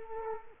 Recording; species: mosquito wingbeat signal from an infrared sensor; Culex quinquefasciatus